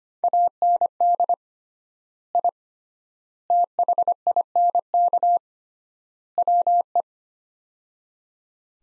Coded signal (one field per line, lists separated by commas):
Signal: Morse code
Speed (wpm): 25 wpm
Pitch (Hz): 700 Hz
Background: none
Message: AND I THINK WE